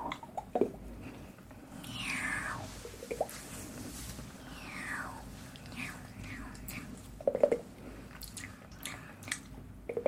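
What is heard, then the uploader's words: Wet mouth sounds layer over one another: sticky clicks and smacks scattered throughout, with drawn-out falling slurps near two and five seconds. ASMR intense layered mouth sounds.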